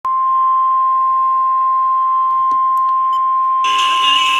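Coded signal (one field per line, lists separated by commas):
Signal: Emergency Alert System (SAME) tones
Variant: 1050 Hz attention tone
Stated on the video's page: Severe thunderstorm warning EAS tones from a NOAA weather radio station and a 107.9 FM broadcast station.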